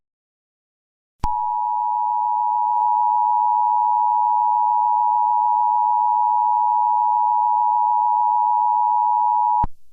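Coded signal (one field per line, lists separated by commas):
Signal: Emergency Alert System (SAME) tones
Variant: 853 and 960 Hz attention tone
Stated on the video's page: Mock Civil Danger Warning made with Audacity.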